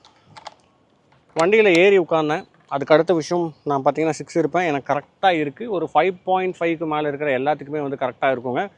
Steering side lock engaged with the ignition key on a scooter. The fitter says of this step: So side lock ஆயிடுச்சு.